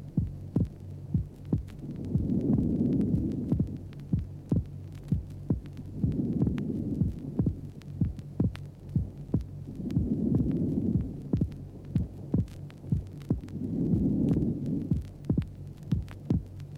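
Adult heart heard by stethoscope over the pulmonary area during normal breathing, with physiological (normal) splitting of the second heart sound.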